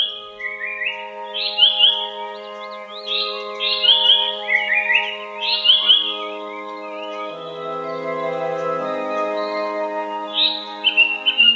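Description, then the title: Japanese paradise flycatcher calls: a run of quick slurred whistles repeated in bursts, then a pause and two more whistles, over steady low humming tones. Mount Takao, Tokyo, Japan. "高尾山（東京）のサンコウチョウ"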